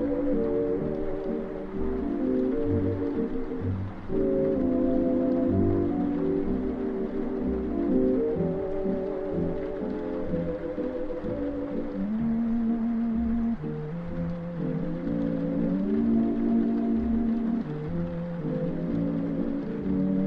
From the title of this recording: Oldies music playing in another room and it's raining